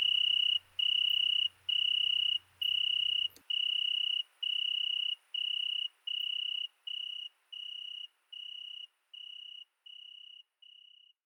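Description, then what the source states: Italian tree cricket singing in regular trilled bursts with short pauses, a low hum and a click early on, then the bursts grow gradually quieter until they nearly fade away. Single cricket singing at night, 22:30 on 13 August 2020 at Fourcinet ValMaravel, settled two nights in Virginia creeper under a window; recorded with Nagra Seven and MKH40 cardioid microphone.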